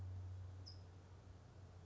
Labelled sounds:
California Towhee

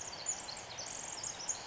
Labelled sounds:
Pacific Wren

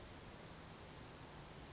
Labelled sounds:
Western Flycatcher

